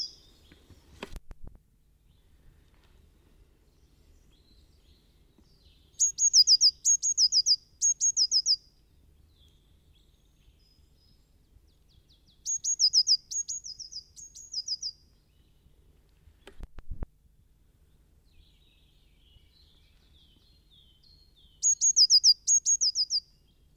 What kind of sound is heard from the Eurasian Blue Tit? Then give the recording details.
song. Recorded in the wild. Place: Kaiserslautern, Rheinland-Pfalz, DE. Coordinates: 49.26, 7.45. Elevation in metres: 260. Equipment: Nagra IV, Sennheiser MKH 405, Parabolreflektor. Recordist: Tretzel, Erwin. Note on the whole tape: Wohl Garten Kaiserslautern, Pascalstr. 4. Gesang einer Blaumeise